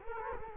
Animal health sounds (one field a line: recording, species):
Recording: mosquito wingbeat signal from an infrared sensor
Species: Culex quinquefasciatus